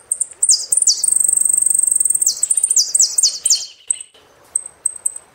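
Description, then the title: Saffron finch delivering a long continuous song of quick ringing trills and repeated downward-swooping high notes, followed by a few isolated thin chips. "Jilguero Argentino"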